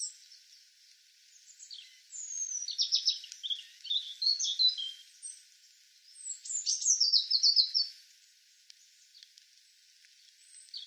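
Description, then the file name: European robin song: two long, varied phrases of thin high whistles and rapid trills, separated by a short pause. "Erithacus rubecula"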